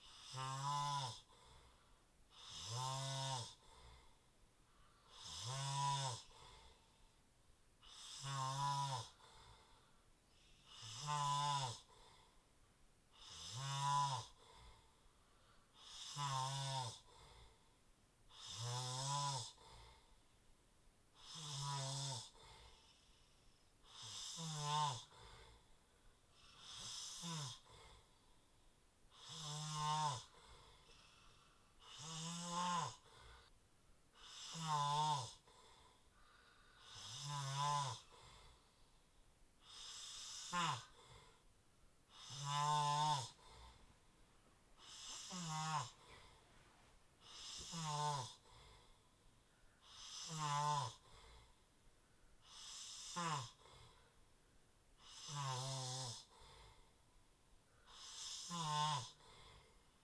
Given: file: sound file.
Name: Snoring epoch with high breathing frequency